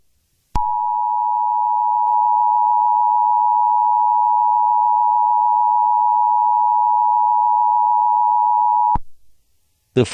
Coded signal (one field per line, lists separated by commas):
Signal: Emergency Alert System (SAME) tones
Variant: 853 and 960 Hz attention tone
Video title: EAS Scenario #30: The Sniper Part 2: The American troubles.